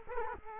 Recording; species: mosquito wingbeat signal from an infrared sensor; Culex quinquefasciatus